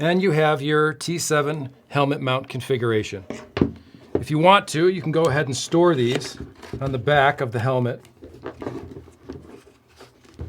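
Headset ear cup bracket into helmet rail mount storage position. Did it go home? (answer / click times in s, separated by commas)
no / none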